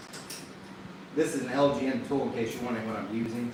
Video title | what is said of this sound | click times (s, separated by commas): Sbf can challenge final day. | it torques to 22 foot-lb. So, when you hear me clicking it, that's what it's doing. | 0.3 s